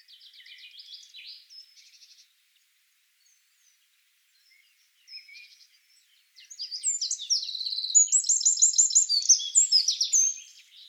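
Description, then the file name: Eurasian wren singing, soft scattered high notes at first, then a pause and a loud run of fast, shrill trills and chattering phrases. "Troglodytes troglodytes"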